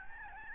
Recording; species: mosquito wingbeat signal from an infrared sensor; Aedes albopictus